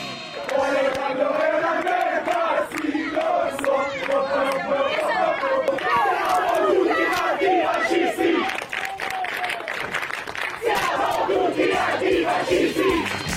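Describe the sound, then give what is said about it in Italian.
At a motorway service station, a crowd from a left-wing bus trip shouts in protest against politician Alemanno, calling him a fascist, many voices yelling and chanting together in loud, overlapping bursts that continue steadily with brief dips, sharp cries rising above the din. “Alemanno contestato all'autogrill perché fascista.”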